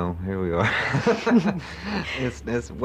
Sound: laughs